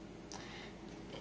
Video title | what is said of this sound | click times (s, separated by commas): (1) APH Braille+Mobile Manager: Installing the Battery | you will hear a click and it's plugged in then take your ac adapter | 0.3 s